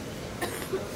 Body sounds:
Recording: coughing mixed with background sound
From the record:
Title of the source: 30 Chesty and wet cough

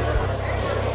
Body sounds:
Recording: background sound without coughing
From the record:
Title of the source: CITY SOUNDS Busy Bar in the Evening Night - 2 HOURS of Ambiance for Relaxation

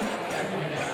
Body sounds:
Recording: coughing mixed with background sound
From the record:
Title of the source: Spring Cold Coughing.

